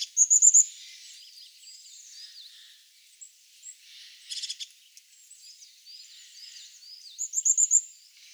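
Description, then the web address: European crested tit calls: a high, quick purring trill, thin scattered notes and a short buzzy burst, then another purring trill near the end. Recorded in Valsolda. "cibra valsolda. Cincia dal ciuffo"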